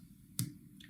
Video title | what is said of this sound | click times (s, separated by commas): Learn to thread the Industrial Lockstitch Sewing Machine | and listen carefully that there must be a clicks on it | 0.4 s